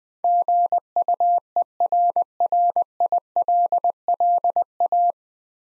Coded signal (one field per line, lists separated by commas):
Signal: Morse code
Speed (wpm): 20 wpm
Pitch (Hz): 700 Hz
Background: none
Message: GUERRILLA